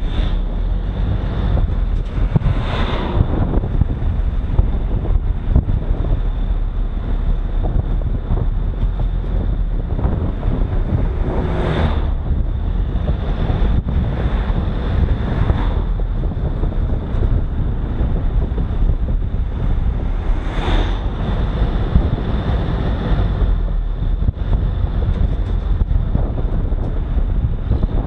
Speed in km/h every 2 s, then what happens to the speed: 34, 33, 33, 34, 34, 34, 39, 40, 35, 33, 35, 38, 37, 35.
0-10 steady at about 34. 10-13 speeds up to 40. 13-18 slows to 33. 18-28 steady at about 35.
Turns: none.